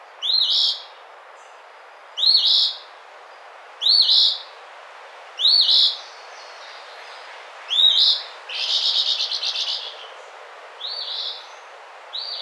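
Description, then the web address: Eastern phoebe singing raspy two-part phrases, five repeated about every two seconds, followed by a longer buzzy, stuttering phrase and a softer phrase. Recorded 28 April 2009. "Eastern Phoebe 2009 04 28"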